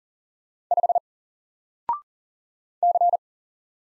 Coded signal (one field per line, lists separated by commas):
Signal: Morse code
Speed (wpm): 38 wpm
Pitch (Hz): 700 Hz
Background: none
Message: 5 C